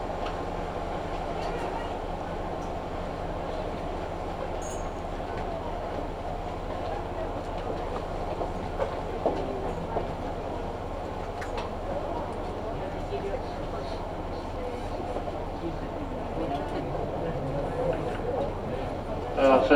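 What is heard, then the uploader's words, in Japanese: A Kyudai Main Line train runs from Tanushimaru toward Kurume with a steady, dense rumble and a low constant hum underneath. Murmured voices come and go throughout, a brief high squeal cuts in near the five-second mark, and the noise swells in the final second. 久大本線 田主丸→久留米。田主丸から久留米まではずっと久留米市内を走ります。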